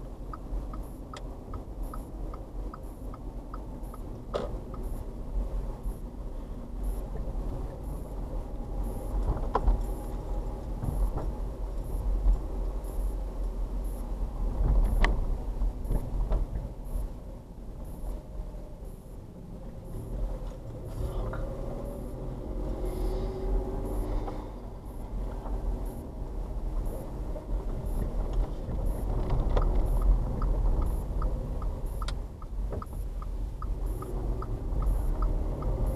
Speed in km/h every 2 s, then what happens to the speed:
27, 26, 27, 27, 26, 26, 26, 23, 19, 21, 21, 23, 23, 15, 21, 19, 15, 13.
0-13 steady at about 26. 13-16 slows to 19. 16-24 steady at about 21. 24-26 brakes to 15. 29-33 slows to 13.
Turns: 17-22, 22-27, 32-34.